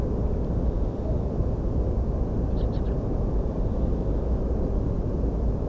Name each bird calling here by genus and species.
Turdus pilaris